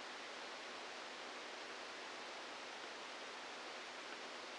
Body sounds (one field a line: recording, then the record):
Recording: brain microelectrode recording played as sound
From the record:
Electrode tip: inside the subthalamic nucleus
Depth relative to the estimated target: 0 mm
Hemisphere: left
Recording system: NeuroSet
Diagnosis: Parkinson's disease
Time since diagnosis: 12 years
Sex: male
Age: 61 years